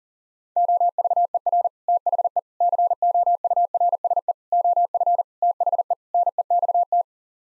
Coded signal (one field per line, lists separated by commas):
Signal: Morse code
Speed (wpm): 37 wpm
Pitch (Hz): 700 Hz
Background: none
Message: OVER THE COURSE OF THE NEXT